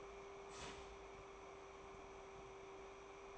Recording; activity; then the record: daily activity, microphone in the room; start toaster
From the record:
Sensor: 1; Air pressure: 1014.7 hPa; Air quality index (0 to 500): 198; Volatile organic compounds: 32 ppm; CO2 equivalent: 3004 ppm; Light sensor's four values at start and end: 3/8/3/3 and 3/8/3/3